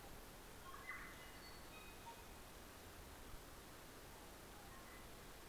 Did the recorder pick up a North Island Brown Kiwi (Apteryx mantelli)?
no